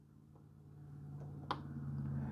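A machine screw is turned backwards in the threaded aluminum base of a Xiegu G106 radio during reassembly. Over a steady low hum, a sharp click at 1.5 s marks the thread start dropping into place. The thread is seated so the screw can be driven home without cross-threading.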